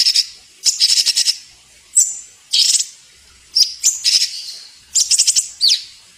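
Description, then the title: Bird song: bursts of quick, high chattering notes and sharp chirps, broken by short pauses, with several phrases over six seconds. Masteran sound used to train songbirds. "Suara masteran Burung"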